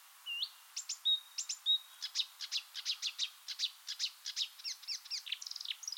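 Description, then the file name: Marsh warbler song, a fast varied medley of whistles, slurred notes and buzzy chips tumbling almost without pause, growing busier toward the end. "suara kicauan burung marsh warbler. omkicau"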